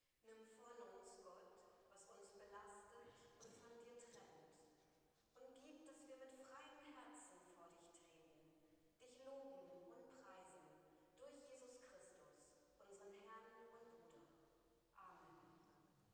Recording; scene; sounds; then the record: everyday scene through a hearing-aid microphone; reverberant space; speech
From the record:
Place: church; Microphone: in the ear canal, left